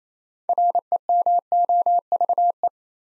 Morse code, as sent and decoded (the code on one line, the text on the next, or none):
.-. . -- --- ...- .
REMOVE